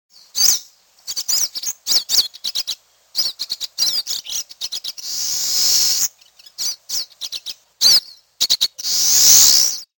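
Eurasian siskin calls: rapid, high, thin twittering chirps in short bursts, with two longer harsh hissing notes, one midway and one at the end.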